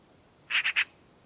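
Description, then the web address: Bird calls: three short notes in quick succession over steady background hiss. Call type labelled "pi pi pi pi". "cianscape birddata Deverinetal 2025"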